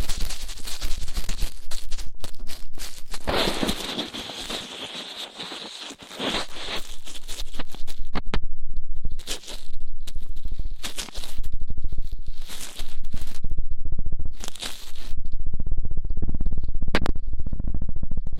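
Rough ear cleaning, heard as dense, scratchy scraping and rustling that fills most of the 18 seconds. The friction comes in irregular bursts of varying intensity, with brighter hissing scrapes around three to six seconds and short quieter gaps between strokes later on, over a low rumbling thud.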